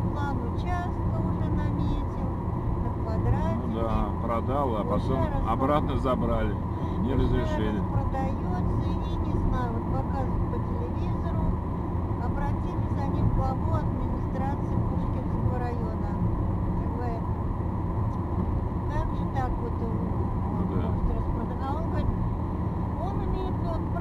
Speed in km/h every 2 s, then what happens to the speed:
85, 86, 86, 85, 86, 85, 86, 85, 84, 85, 84, 84.
0-24 steady at about 85.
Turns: none.